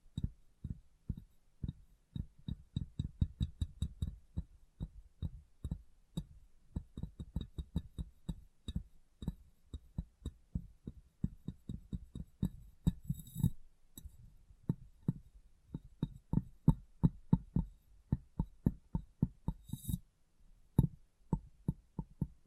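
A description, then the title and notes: Rapid tapping on a glass surface, dense sharp knocks in irregular bursts with deep thuds, plus a few brighter scrapes around thirteen and twenty seconds. ASMR Glass Brain Tapping & Cleaning (No Talking).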